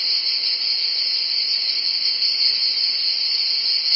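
Cicadas give a dense, shrill, level buzz throughout these few seconds, never pausing or changing pitch.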